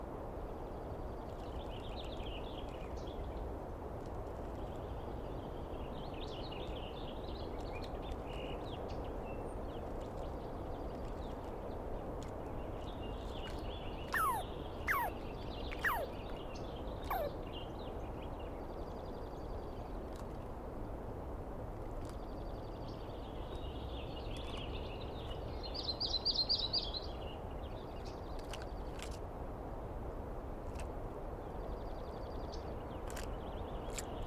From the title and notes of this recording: I set up my microphones and recorder for a nice dawn recording in the East Cascades.